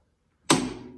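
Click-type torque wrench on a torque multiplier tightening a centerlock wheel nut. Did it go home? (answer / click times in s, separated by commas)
yes / 0.5 s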